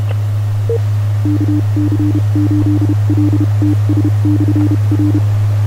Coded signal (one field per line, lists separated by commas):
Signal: Morse code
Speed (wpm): 31 wpm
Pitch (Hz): 300 Hz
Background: none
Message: KC8LTS/R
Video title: 1.25M ON SDRPLAY RSPDUO